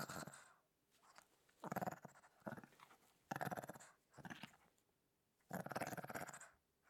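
Small dog growling in several harsh, throaty bursts of varying length.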